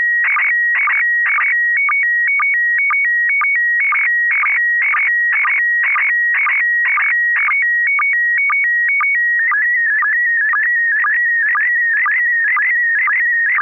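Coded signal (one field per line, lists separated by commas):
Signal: SSTV (slow-scan television)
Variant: PD 120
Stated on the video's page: SSTV images exchanged on a weekly amateur net via an FM repeater on 441.300 MHz in Sacramento, California.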